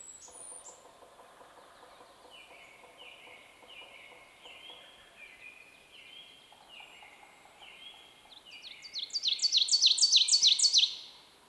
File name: Seiurus aurocapilla - Ovenbird